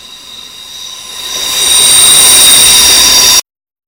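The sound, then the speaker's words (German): An S-Bahn commuter train's wheels squeal on the rails in loud, sustained high-pitched tones that swell over a rumbling hum, then cut off abruptly. No voices are heard. “Steig in die S-Bahn ein und fahr nach Hause.”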